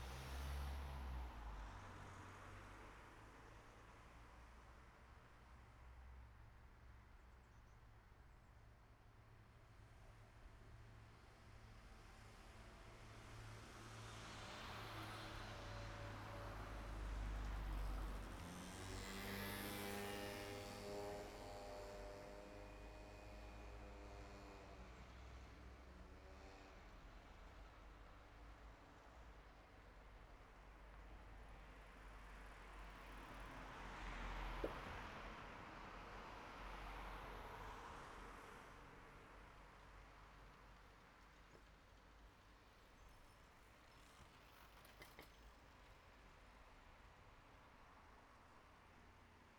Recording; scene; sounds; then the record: everyday scene through a hearing-aid microphone; in traffic; traffic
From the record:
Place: city secondary road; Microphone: behind the ear, right, front